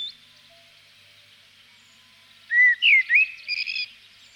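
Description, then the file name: Common blackbird giving one short song phrase after a quiet start: a few clear fluted whistles followed by a brief, thin squeaky flourish. "chernyy drozd"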